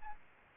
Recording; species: mosquito wingbeat signal from an infrared sensor; Aedes albopictus